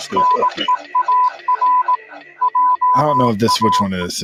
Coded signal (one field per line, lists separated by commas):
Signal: Morse code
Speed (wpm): 18 wpm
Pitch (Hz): 1000 Hz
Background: speech, music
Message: NEAR JA